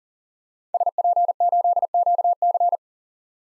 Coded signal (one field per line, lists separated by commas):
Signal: Morse code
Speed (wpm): 40 wpm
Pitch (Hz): 700 Hz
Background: none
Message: SP8QC